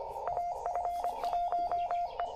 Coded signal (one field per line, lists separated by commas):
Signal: Morse code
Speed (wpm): 22 wpm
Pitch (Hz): 700 Hz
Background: radio noise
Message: AF1E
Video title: Hamvention 2024: POTA Activation Kickoff at Strouds Run State Park in Athens, Ohio!